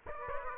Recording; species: mosquito wingbeat signal from an infrared sensor; Aedes aegypti